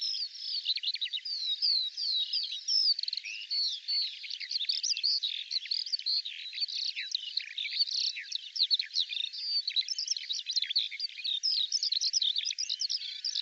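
Eurasian skylark song, a long unbroken stream of rapid, varied chirps, trills and slurred whistles, high-pitched and continuous throughout.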